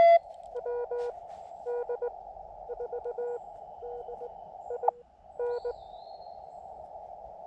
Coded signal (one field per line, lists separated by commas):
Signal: Morse code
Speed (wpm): 20 wpm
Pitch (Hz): 480 Hz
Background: none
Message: WD4DIN